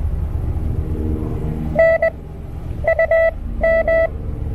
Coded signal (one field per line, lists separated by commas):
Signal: Morse code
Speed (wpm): 20 wpm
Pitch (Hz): 660 Hz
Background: none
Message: NUM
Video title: My first POTA and CW in Canada